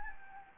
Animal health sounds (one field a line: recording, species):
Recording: mosquito wingbeat signal from an infrared sensor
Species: Anopheles gambiae